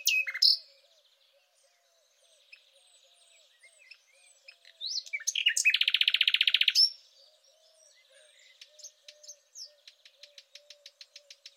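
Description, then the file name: Thrush nightingale song with a loud opening note, soft scattered chirps, then a long harsh dry rattle lasting about two seconds, followed by quick repeated clicks. "rossignol philomele"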